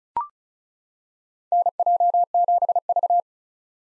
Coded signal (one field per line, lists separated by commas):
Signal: Morse code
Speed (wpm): 36 wpm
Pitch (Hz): 700 Hz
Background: none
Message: NJ7V